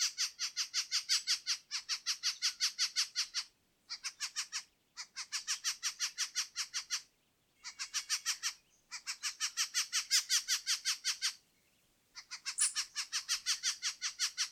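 Western red-legged thrush: harsh, rapid chattering notes, about three a second, in runs broken by short pauses.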